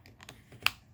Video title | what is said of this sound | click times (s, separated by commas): 35mm Olympus Infinity Series Cameras: Infinity Mini; Infinity Stylus Zoom; & Olympus Epic mju III | can hear it click the | 0.7 s